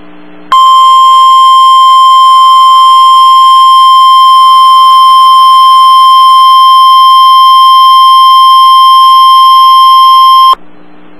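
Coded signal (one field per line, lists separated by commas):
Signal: Emergency Alert System (SAME) tones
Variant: 1050 Hz attention tone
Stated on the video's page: EAS severe thunderstorm warning covering parts of the Oklahoma City area.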